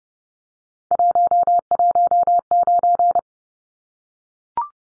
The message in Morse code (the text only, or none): 119